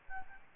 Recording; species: mosquito wingbeat signal from an infrared sensor; Aedes albopictus